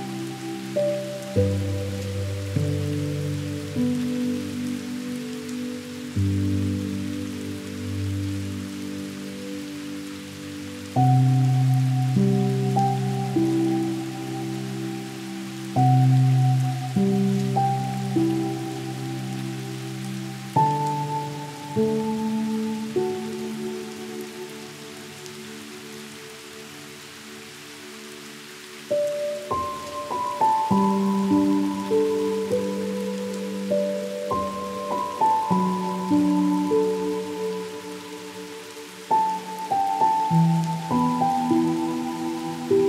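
Slow piano chords ring out in a low, warm register, each held for several seconds before the next arrives, with fresh phrases around 11, 21 and 30 seconds. From about 30 seconds the notes climb higher. A soft, steady patter of rain runs underneath.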